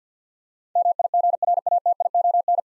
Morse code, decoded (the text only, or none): MIGRATION